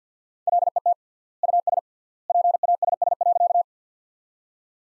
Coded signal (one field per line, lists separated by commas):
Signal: Morse code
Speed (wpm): 48 wpm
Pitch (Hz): 700 Hz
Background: none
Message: LET US PASS.